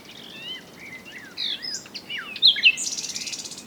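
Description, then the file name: Common nightingale song: soft slurred whistles, then two loud sharp notes and a fast, buzzing trill at the close. "Luscinia megarhynchos"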